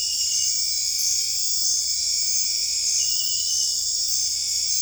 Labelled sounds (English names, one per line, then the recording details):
none
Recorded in dense forest near Puerto Asís, Putumayo, Colombia, on 20 December 2024 at 21:00
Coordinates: 0.482, -76.320
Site G021